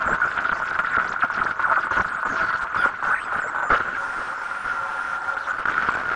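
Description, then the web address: Insect call, a continuous even buzzing tone that never pauses, over a light hiss of background noise. "Spongefork spongefork insects crepitata"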